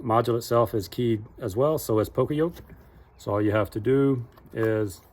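A keyed wiring harness connector is handled at an add-on engine module on a 2020+ F250 while someone talks. Nothing has seated or clicked yet.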